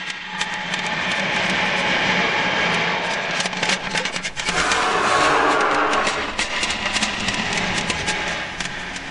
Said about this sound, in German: Wenn der Voralarm kam, dann hörte man schon von Ferne das Rauschen, das Brummen der Motoren am Himmel.